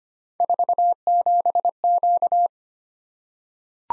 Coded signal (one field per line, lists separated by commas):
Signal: Morse code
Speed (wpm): 25 wpm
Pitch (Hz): 700 Hz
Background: none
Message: 47Q